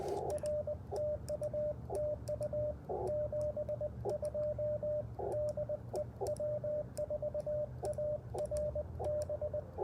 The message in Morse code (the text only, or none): R TU TU 72 DE W4ARB